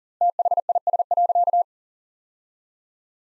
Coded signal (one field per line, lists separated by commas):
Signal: Morse code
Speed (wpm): 40 wpm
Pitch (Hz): 700 Hz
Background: none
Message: THIS.